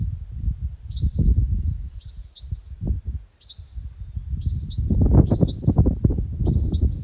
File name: セグロセキレイ